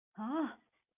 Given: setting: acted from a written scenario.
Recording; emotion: vocal sound without words; negative surprise